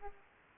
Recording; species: mosquito wingbeat signal from an infrared sensor; Aedes aegypti